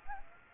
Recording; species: mosquito wingbeat signal from an infrared sensor; Aedes aegypti